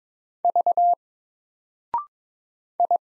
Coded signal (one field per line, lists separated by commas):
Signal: Morse code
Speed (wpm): 21 wpm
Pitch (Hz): 700 Hz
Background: none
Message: V I